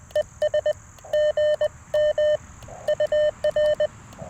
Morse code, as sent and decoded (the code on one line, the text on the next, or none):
. ... / --. -- / ..- .-.
ES GM UR